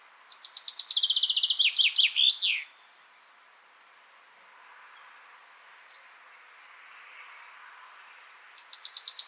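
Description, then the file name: Common chaffinch song: a rapid series of high repeated notes dropping in pitch, ending in a sharp flourish, a long quiet pause, then the next song beginning. "Fringilla coelebs"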